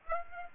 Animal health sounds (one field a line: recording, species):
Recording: mosquito wingbeat signal from an infrared sensor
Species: Aedes aegypti